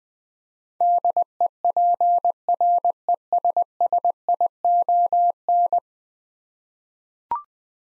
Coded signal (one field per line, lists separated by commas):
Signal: Morse code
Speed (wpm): 20 wpm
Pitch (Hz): 700 Hz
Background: none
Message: DEPRESSION